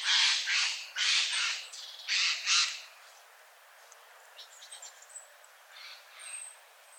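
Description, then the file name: Eurasian jay giving several harsh, rasping screeches in quick succession over about three seconds, followed by faint high chirps. "Garrulus glandarius"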